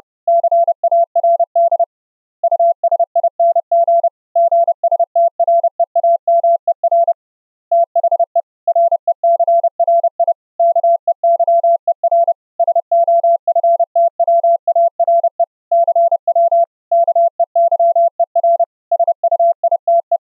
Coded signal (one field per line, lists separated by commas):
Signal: Morse code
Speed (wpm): 30 wpm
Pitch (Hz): 680 Hz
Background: none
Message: CARD USING GSTREAMER THE RECRI KEYER SOFTWARE CW KEYER SUITE